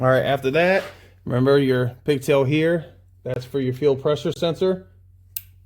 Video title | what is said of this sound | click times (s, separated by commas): How To Replace 99% of Chevy V6 Fuel Injectors | Push it till it clicks. Review your work. | 5.4 s